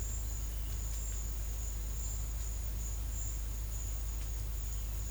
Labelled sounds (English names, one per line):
none